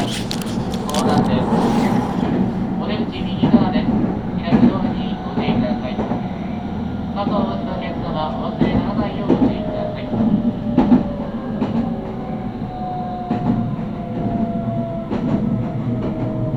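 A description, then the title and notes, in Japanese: A ride aboard a Meitetsu train on the Inuyama and Hiromi lines, with a steady low rumble of the car rolling along the track. Sharp rail clacks punctuate it every second or two, while a faint whining tone slowly glides lower toward the end. ガタンゴトンの旅。名古屋鉄道犬山・広見線 江南→布袋→新可児。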